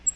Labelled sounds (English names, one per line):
Black-throated Green Warbler flight call